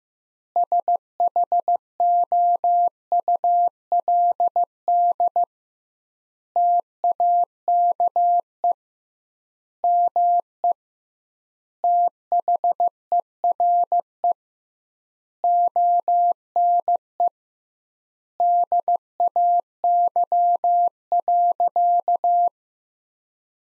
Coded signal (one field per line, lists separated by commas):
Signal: Morse code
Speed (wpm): 15 wpm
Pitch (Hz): 700 Hz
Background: none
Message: SHOULD TAKE ME THERE ONE DAY.